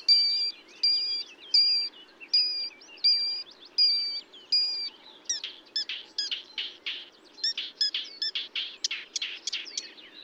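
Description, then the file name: Marsh warbler song opening with a repeated pure whistled motif about seven times, followed by a rapid jumble of harsh buzzy chirps and clicks. Recorded at Bonnevaux on 31 May 2009 at 05:35, early morning. "Rousserolle verderolle 0535 25 Bonnevaux"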